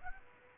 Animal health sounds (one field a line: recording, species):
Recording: mosquito wingbeat signal from an infrared sensor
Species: Aedes aegypti